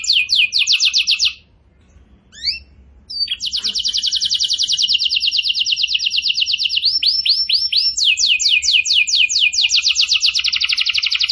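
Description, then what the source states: Bird song: short bursts of rapid trilling, a brief pause with a few sweeping notes, then a long, continuous fast trill that shifts pace and pitch several times. Master for training cage birds; lively (gacor) singer in the tembakan style.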